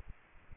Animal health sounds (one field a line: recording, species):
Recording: mosquito wingbeat signal from an infrared sensor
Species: Aedes aegypti